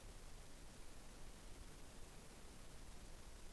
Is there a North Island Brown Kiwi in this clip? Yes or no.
no